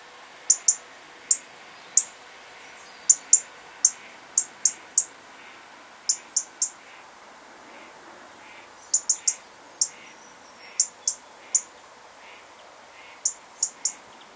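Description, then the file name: European robin calls: sharp, very high ticking notes, often in quick pairs or triplets, repeated irregularly throughout over a faint steady background hiss. "Erithacus rubecula"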